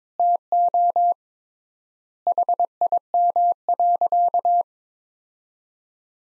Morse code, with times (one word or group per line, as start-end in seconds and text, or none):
0.2-1.1 TO
2.3-4.6 HIM.